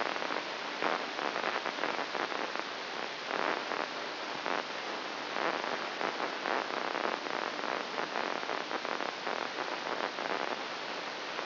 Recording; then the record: brain microelectrode recording played as sound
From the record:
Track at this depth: inside the subthalamic nucleus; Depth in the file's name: 3.402 mm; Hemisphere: right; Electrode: 2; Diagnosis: Parkinson's disease